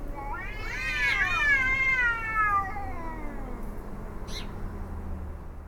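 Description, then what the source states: Cat howling in a long, wavering, drawn-out wail that rises then slowly falls, with a faint low background hum. Howling cats, May 2018.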